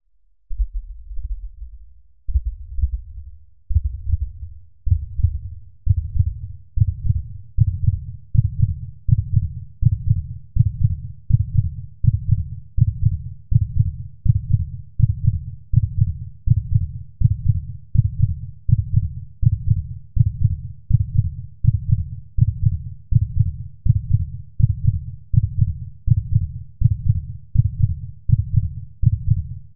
Human heartbeat speeding up.